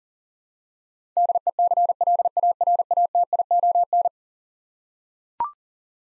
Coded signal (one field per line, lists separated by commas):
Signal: Morse code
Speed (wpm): 40 wpm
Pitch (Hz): 700 Hz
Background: none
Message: DECLARATION